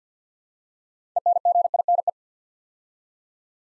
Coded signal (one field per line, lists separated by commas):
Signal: Morse code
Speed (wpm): 48 wpm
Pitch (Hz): 700 Hz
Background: none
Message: ENGINE